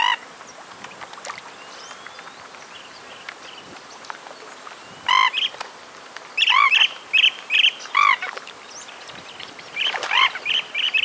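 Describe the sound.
Jacana bursting into harsh, buzzy calls mixed with quick, high, clipped notes in excited runs, after a quieter opening.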